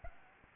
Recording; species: mosquito wingbeat signal from an infrared sensor; Aedes albopictus